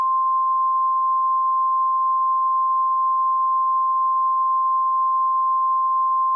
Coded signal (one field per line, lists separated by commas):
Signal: Emergency Alert System (SAME) tones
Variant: 853 and 960 Hz attention tone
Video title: EAS Classic: Virus Threat EAS (Original)